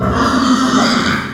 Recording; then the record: squeal of a Yucatan mini pig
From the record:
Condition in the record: after surgery on the right vocal fold (resection and tissue-engineered implant); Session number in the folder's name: 12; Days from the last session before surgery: 105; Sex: female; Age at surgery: 19 weeks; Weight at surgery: 25 kg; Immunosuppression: prednisolone